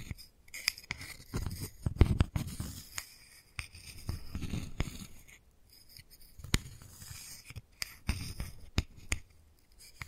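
Wooden balls knock and roll, with sharp, bright clicks landing every second or so, sometimes in quick pairs around eight to nine seconds. Between the taps come soft, low rolling and scraping rubs in short bursts, separated by brief near-silent gaps.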